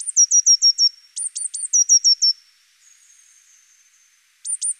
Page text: Mésange bleue. chant